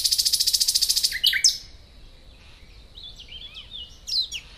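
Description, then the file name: Common nightingale song: a rapid buzzy rattle, then sharp notes and softer whistled phrases. "Luscinia megarhynchos"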